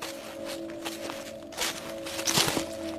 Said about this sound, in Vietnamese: tiếng bước chân ở ngoài kia quả thực là mỗi lúc xuất hiện một gần hơn, rõ hơn.